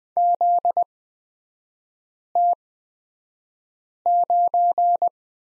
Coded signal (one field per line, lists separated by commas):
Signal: Morse code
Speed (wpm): 20 wpm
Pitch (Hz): 700 Hz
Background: none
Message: ZT9